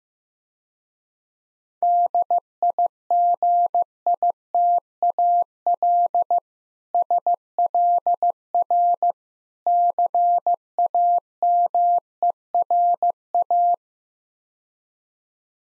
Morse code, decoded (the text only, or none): DIGITAL SLR CAMERA